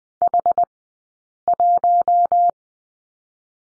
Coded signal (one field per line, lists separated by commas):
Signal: Morse code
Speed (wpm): 20 wpm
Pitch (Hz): 700 Hz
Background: none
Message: H1